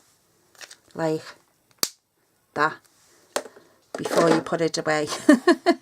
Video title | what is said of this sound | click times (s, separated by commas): Seasonal Chums by stampin up | always wait till you hear that click like that | 1.8 s